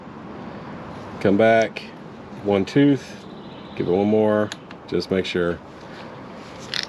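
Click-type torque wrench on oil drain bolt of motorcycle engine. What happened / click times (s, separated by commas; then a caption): The torque wrench clicked on the re-check pull / 6.8 s. A click-type torque wrench is pulled once more on the oil drain bolt of a Honda Super Cub C125 motorcycle engine to re-check the torque after the ratchet is backed off one tooth. Someone talks over low background noise, then a single sharp click comes at 6.8 s, confirming the bolt is torqued.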